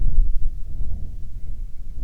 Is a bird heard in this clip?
yes